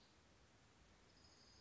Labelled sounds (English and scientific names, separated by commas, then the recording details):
Orange-crowned Warbler (Leiothlypis celata)
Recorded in Sonoma County, California